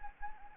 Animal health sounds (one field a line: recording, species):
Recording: mosquito wingbeat signal from an infrared sensor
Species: Anopheles gambiae